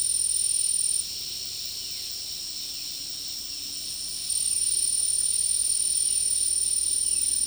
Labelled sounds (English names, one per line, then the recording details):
none
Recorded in dense forest near Puerto Asís, Putumayo, Colombia, on 19 February 2024 at 15:00
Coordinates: 0.499, -76.324
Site G6469